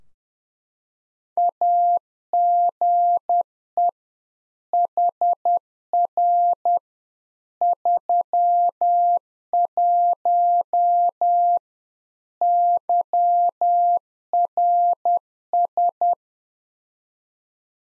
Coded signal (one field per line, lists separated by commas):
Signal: Morse code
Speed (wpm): 10 wpm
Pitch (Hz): 700 Hz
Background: none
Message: AGE HR 31 YRS